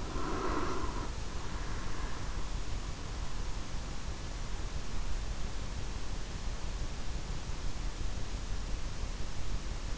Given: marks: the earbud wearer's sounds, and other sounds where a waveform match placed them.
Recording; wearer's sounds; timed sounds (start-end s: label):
sounds in sleep by an in-ear microphone; breath
0.00-2.72 s: breath